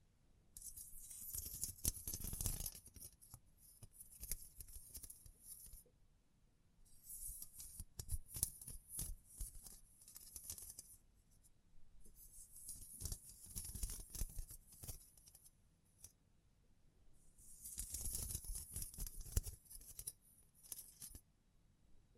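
Scratching, brushing and crinkling come in four bursts, near the start, around 7 to 11 seconds, 12 to 15 seconds and 17 to 20 seconds, each a dense, hissy rustle with sharp crisp edges. Between bursts it drops to near silence, with a few scattered soft taps.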